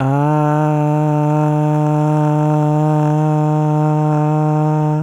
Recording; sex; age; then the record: sustained vowel /a/; male; 18 to 19 years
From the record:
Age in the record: 19 years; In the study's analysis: included